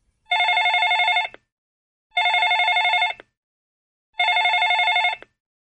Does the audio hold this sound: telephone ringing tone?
yes